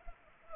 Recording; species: mosquito wingbeat signal from an infrared sensor; Culex pipiens